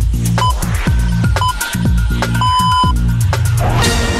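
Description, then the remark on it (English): Hourly radio time signal pips marking 11 o'clock: two short, high electronic beeps a second apart, then a longer final tone, all sounding over a busy, buzzy background of music and noise. “Oh, here, yeah, it's 11 o'clock.”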